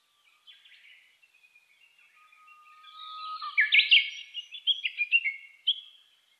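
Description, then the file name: Japanese bush warbler song: a few soft notes, then a long steady low whistle that breaks into a loud, sharp run of rising and falling notes near the end. Called uguisu; recorded 3 July 2010 at 15:26. "uguisu-20100703-1526"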